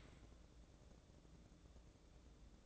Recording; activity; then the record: daily activity, microphone in the room; open dishwasher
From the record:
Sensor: 3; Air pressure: 1012.3 hPa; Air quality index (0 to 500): 147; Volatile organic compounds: 2 ppm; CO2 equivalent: 1137 ppm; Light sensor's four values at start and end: 567/1397/575/572 and 570/1405/579/575